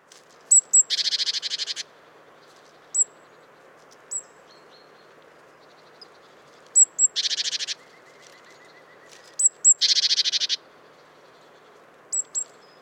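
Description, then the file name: Great tit calls: thin high notes followed by a harsh buzzy churr, three bouts, over a steady background hiss. "Parus major"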